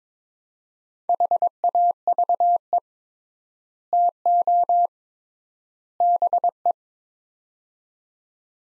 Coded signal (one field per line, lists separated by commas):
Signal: Morse code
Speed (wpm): 21 wpm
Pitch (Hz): 700 Hz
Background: none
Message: HAVE TO BE